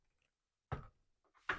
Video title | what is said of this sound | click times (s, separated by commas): Action Force Swarm Sentry Review by Valaverse | they pop right into place | 0.7 s, 1.5 s